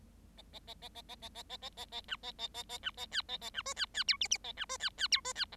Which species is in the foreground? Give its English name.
Bengalese Finch